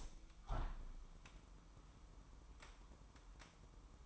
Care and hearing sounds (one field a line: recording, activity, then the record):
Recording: daily activity, microphone in the room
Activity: open window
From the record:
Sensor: 1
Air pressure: 998.6 hPa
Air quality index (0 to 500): 137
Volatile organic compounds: 4 ppm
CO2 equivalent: 1650 ppm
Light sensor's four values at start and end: 10/25/10/12 and 11/26/11/13